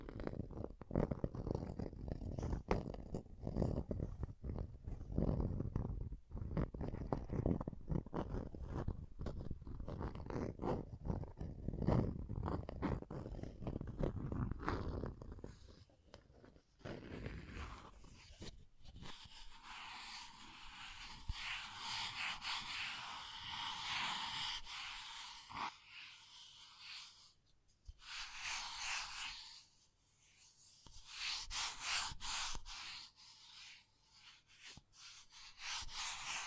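Scratching and tracing sounds, starting with dense, low rubbing strokes that scrape on rapidly and unevenly for about fifteen seconds. After that the low body drops away and the scratching turns thin and hissy, a bright scraping texture with brief pauses near 27 and 30 seconds.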